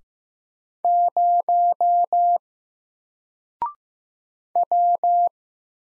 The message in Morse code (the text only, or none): 0 W